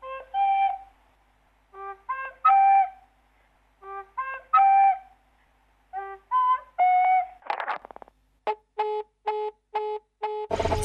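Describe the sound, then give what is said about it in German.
A whistle is blown in short, bright, rhythmic bursts, grouped into repeating phrases, then quickening into a run of evenly spaced shrill toots ending in a sharp, breathy blast. No one speaks. “Und wenn er soweit ist, dann tanzt er nach meiner Pfeife. Nach dieser hier.”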